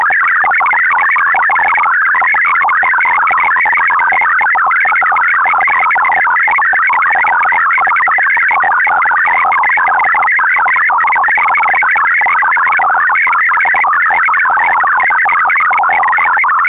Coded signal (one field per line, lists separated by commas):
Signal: multi-tone FSK (Olivia or MFSK type)